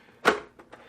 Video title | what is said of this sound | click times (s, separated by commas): Unboxing and Review: Seachem Tidal 55 HOB Filter | just snaps back in the tab goes back over that | 0.3 s